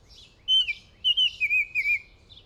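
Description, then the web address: Northern oriole giving a rich whistled phrase: a level note dropping away, followed by several wavering, slurred whistles run together. "Northern Oriole. صدای-پرنده-اوریول-شمالی"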